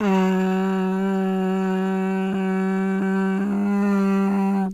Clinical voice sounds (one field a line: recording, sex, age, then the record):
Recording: sustained vowel /a/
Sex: female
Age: 50 to 59 years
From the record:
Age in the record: 58 years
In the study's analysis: excluded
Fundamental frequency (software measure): 190 Hz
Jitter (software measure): 0.38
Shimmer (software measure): 0.56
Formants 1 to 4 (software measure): 826 Hz, 1543 Hz, 2715 Hz, 3912 Hz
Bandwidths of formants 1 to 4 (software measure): 262 Hz, 189 Hz, 222 Hz, 354 Hz